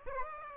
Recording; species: mosquito wingbeat signal from an infrared sensor; Aedes aegypti